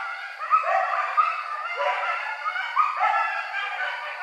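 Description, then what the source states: Coyotes in a group chorus, sliding yips and short quavering howls overlapping, with two or three sharper upward-swooping cries standing out. Several coyotes on 28 May 2013.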